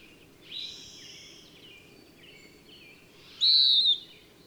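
Soft high warbling bird notes lead into one loud, clear downslurred whistle near the end, with a steady low hum underneath.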